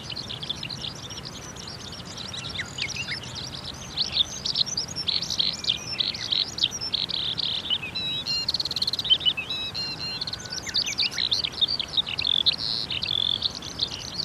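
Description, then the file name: Eurasian skylark song, a long unbroken flow of rapid chirps, trills and short whistles, quieter at first and growing fuller after a few seconds. "hibari"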